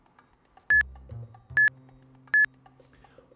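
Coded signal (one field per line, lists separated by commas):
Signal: none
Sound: three countdown cue beeps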